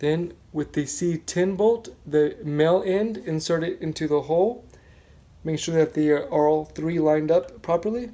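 While a KICK Java 48" foosball table is assembled, the male end of the C10 bolt is inserted into the hole in the rod and lined up with the RL3 part. Someone talks through most of the clip, with a short pause near the middle. Nothing has snapped into place yet.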